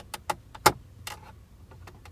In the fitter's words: you just hear it clicks